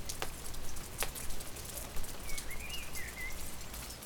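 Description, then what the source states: Bird song, a brief twisting warble of rising and falling chirps in the second half, amid steady rain and loud drops. Recorded during rain.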